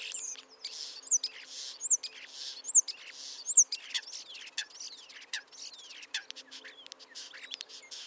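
Bird calls: high, sharp chirps repeated about once a second in the first half, then a busy mix of overlapping chirps and trills from several birds.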